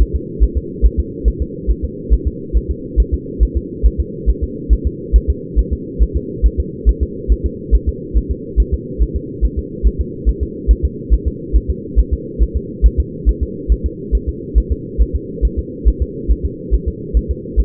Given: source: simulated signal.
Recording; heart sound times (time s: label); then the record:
fetal heart sounds
0.02 s: S1
0.15 s: S2
0.44 s: S1
0.57 s: S2
0.85 s: S1
0.99 s: S2
1.28 s: S1
1.42 s: S2
1.70 s: S1
1.84 s: S2
2.13 s: S1
2.27 s: S2
2.57 s: S1
2.71 s: S2
3.00 s: S1
3.14 s: S2
3.43 s: S1
3.57 s: S2
3.86 s: S1
4.00 s: S2
4.30 s: S1
4.44 s: S2
4.73 s: S1
4.87 s: S2
5.16 s: S1
5.30 s: S2
5.59 s: S1
5.73 s: S2
6.02 s: S1
6.16 s: S2
6.46 s: S1
6.60 s: S2
6.89 s: S1
7.03 s: S2
7.32 s: S1
7.46 s: S2
7.75 s: S1
7.89 s: S2
8.17 s: S1
8.31 s: S2
8.60 s: S1
8.74 s: S2
9.02 s: S1
9.16 s: S2
9.45 s: S1
9.59 s: S2
9.87 s: S1
10.01 s: S2
10.29 s: S1
10.43 s: S2
10.71 s: S1
10.85 s: S2
11.13 s: S1
11.27 s: S2
11.56 s: S1
11.70 s: S2
11.99 s: S1
12.13 s: S2
12.43 s: S1
12.57 s: S2
12.86 s: S1
13.00 s: S2
13.29 s: S1
13.43 s: S2
13.72 s: S1
13.86 s: S2
14.15 s: S1
14.29 s: S2
14.58 s: S1
14.72 s: S2
15.02 s: S1
15.16 s: S2
15.45 s: S1
15.59 s: S2
15.88 s: S1
16.02 s: S2
16.31 s: S1
16.45 s: S2
16.74 s: S1
16.88 s: S2
17.17 s: S1
17.31 s: S2
17.60 s: S1
From the record:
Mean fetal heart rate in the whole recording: 140 bpm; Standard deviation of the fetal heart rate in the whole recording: 2 bpm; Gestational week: 34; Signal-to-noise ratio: -4.1 dB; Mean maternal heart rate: no maternal heart sound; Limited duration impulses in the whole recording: absent